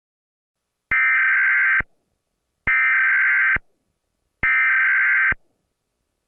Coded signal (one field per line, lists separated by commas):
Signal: Emergency Alert System (SAME) tones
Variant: header bursts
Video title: EAS MOCK: Child Abduction Emergency for an Amber alert in Fayetteville, NC (May 24, 2022)